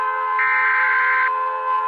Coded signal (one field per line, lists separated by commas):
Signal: Emergency Alert System (SAME) tones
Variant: header bursts